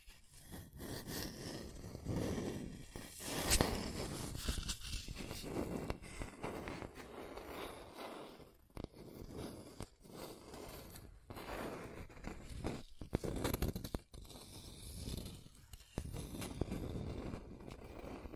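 Scratching and tracing sounds rasp in dense, uneven strokes, with brief gaps and sharper scrapes around three and fifteen seconds.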